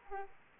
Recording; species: mosquito wingbeat signal from an infrared sensor; Aedes aegypti